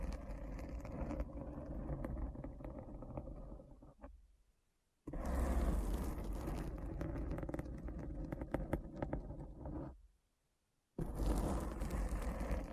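Deep Brain Scratch: a dense, rumbling, scraping noise with a heavy low end and gritty crackle above. It runs in thick bursts that fade out and stop dead twice, near four and ten seconds, then slam back in abruptly at full strength.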